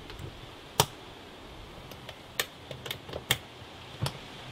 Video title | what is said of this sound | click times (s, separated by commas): Assembling the JK125.flv | They really snap in place very securely. | 0.8 s, 2.4 s, 3.3 s